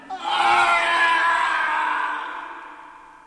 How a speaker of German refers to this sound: Warum schreit ihr plötzlich? Ich glaubte, ich fiele.